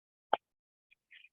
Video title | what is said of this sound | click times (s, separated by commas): The Nappy Market : Free Cloth Nappy Workshop | so it has got a click in piece | 0.3 s